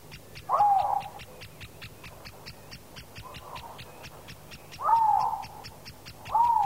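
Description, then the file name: Eurasian lynx giving a few short, hoarse mewing calls over a steady fast ticking in the background. "rys"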